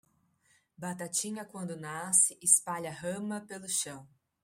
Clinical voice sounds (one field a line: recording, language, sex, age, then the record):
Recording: short text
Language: Brazilian Portuguese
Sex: female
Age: 40 to 49 years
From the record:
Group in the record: control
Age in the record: 44 years